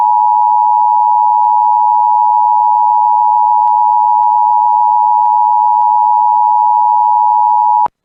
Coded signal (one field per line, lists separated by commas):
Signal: Emergency Alert System (SAME) tones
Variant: 853 and 960 Hz attention tone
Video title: EAS Alerts From The Last Two Weeks Of December 2020 (EAS#81-89)